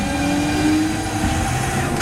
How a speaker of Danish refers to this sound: Og så trykker jeg på knappen. Og så skulle toget gerne køre. Og det gør det også.